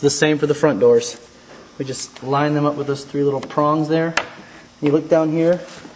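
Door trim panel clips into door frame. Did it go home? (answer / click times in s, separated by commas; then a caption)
no / none. Someone talks while lining up the plastic door trim panel of a BMW X5 (E53, 2000–2006) with three small prongs on the front door, reinstalling it during a BAVSOUND Stage One speaker upgrade. Only speech and faint handling are heard, and nothing has seated or clicked yet.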